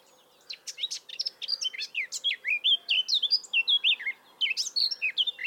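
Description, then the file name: Eurasian blackcap warbling rapidly, a continuous stream of clear, swooping and chattering notes with a short break late on, over a low hum. "Sylvia atricapilla"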